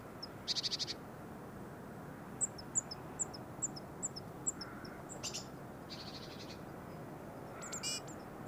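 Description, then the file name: Eurasian blue tit calls: thin, very high notes in a quick series, then brief buzzy bursts against a quiet low rumble. "Cyanistes caeruleus"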